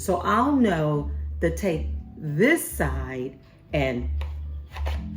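A battery pack for a cordless tree trimmer is handled and lined up by its oval rail with the slot in the tool's handle while someone talks over a steady low hum. Nothing has seated or clicked yet; the clip ends just before the battery goes home.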